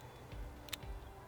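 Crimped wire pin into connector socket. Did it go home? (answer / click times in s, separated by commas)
yes / 0.7 s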